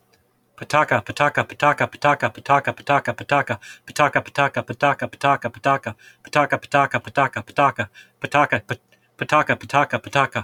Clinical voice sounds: repeated syllables /pa ta ka/; male; 40 to 49 years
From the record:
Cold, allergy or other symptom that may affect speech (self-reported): no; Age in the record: 48 years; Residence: California, United States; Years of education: 14

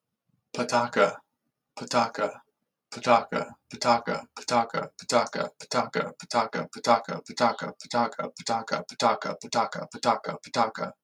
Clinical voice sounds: repeated syllables /pa ta ka/; male; 30 to 39 years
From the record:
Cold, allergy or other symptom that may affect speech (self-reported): no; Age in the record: 36 years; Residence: Hawaii, United States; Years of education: 13

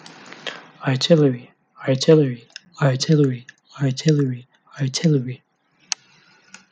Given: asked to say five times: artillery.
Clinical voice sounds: repeated word; male; 20 to 29 years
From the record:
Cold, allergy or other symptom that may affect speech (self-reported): no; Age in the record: 25 years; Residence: Texas, United States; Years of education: 16

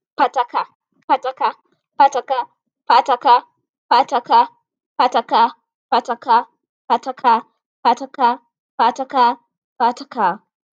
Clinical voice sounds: repeated syllables /pa ta ka/; female; 20 to 29 years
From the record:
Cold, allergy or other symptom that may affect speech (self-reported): no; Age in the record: 27 years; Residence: Florida, United States

